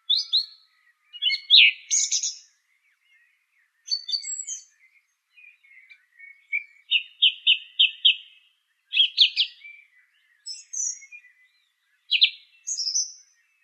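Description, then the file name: Song thrush singing varied phrases, sharp high notes then a phrase of four or five repeated notes around eight seconds, separated by short pauses; no other sounds. "suara kicauan burung song thrush. omkicau"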